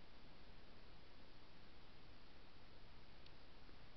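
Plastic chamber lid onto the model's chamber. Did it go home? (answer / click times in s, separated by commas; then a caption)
no / none. A plastic chamber lid is pressed onto the top of the chamber of a Back to the Future DeLorean model build (Issue #4). Steady broadband hiss fills the clip, with only a faint, brief tick around 3.3 s. The lid fits but does not snap on and just sits there, so nothing has seated or clicked yet.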